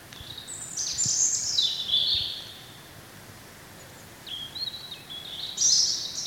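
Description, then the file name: European robin delivers two high, liquid phrases separated by a pause of a couple of seconds, each a mix of thin whistles and fast tumbling notes. "Erithacus rubecula"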